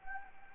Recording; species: mosquito wingbeat signal from an infrared sensor; Anopheles gambiae